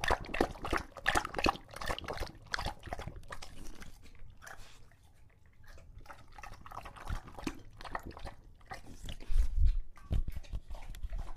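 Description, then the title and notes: English Bulldog slurping and lapping water noisily, with wet splashes and a deep snuffling snort near the end. Male pet English Bulldog named Lucho drinking from a water bowl after a long walk, heavily out of breath between drinks. "English Bulldog Drinks from Water Bowl. listen to Lucho the English Bulldog as he tries to drink water after a long walk. Don't let his heavy breathing fool you in between drinks, he's equally out of breath from the walk"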